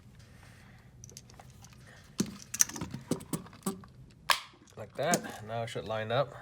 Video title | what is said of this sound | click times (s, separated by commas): DJI Mavic Pro Front Arm repair | the nose clip is not on a completely so I'll make sure it snaps into place like that now | 2.6 s